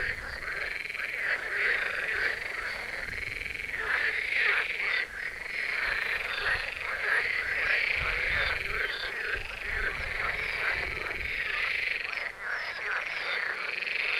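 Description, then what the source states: Marsh frog chorus of many overlapping rattling croaks, continuous and bubbling, with brief lulls and surges throughout. A chorus at the Birkensee, Schönbuch, Germany, recorded on one of the first proper hot days of summer 2023.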